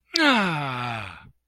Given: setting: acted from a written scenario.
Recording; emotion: vocal sound without words; contentment